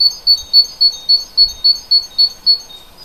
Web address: oeko hecke vogel februar vogel f 1 3 heimisch